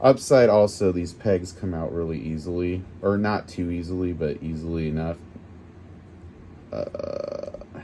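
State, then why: Not seated. Someone talks, then a plastic accessory peg is pushed against the peg hole in an action figure's hand, making a short burst of small scraping, clicking contact sounds near the end. The peg does not go in because the hand's peg hole is too tight, and the attempt is stopped to avoid damaging it; nothing has seated or clicked into place.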